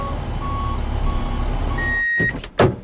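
A water tank truck with a 600-litre tank, delivering pool water from Sopot, reverses: its engine rumbles steadily while a reversing alarm sounds in spaced, high-pitched beeps, then the rumble cuts off and two sharp bursts of hiss and clatter follow.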